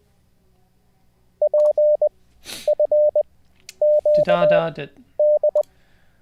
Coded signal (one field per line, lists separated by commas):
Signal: Morse code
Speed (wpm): 20 wpm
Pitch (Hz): 600 Hz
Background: speech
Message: PFQD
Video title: How to Learn Morse Code LIVE with N0SSC (Day 30)